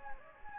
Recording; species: mosquito wingbeat signal from an infrared sensor; Anopheles gambiae